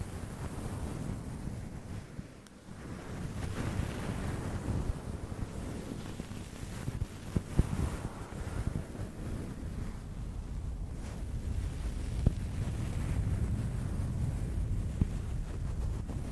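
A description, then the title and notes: A fluffy microphone cover is scratched and rubbed, making a dense, rough, low rumble that hardly lets up for the whole stretch. Brief sharper scrapes and clicks poke through irregularly, with a short lull near the two-second mark before the rubbing resumes. ASMR Shhh Slow Sleepy Fluffy Mic Scratching - no talking, blue yeti.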